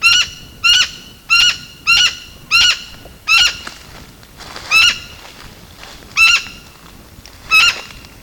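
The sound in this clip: Blue-naped parrot calls: loud harsh squawks with rich harmonics in a quick series, spacing out toward the end.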